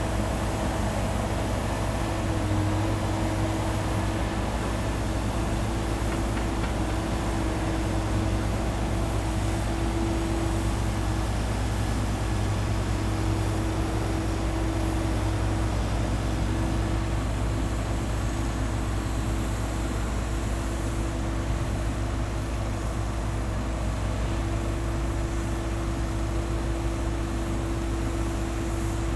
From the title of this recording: Distant Cement Cutter